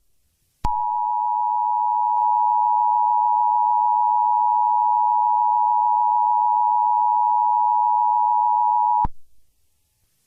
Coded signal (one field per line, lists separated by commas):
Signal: Emergency Alert System (SAME) tones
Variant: 853 and 960 Hz attention tone